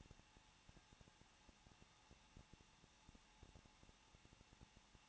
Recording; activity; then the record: daily activity, microphone in the room; no activity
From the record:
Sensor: 1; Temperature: 20.1 degrees Celsius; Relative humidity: 39.1%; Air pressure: 1006.4 hPa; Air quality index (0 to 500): 216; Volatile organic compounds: 74 ppm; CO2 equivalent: 3555 ppm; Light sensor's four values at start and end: 1/2/1/1 and 1/2/1/1